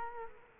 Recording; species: mosquito wingbeat signal from an infrared sensor; Culex quinquefasciatus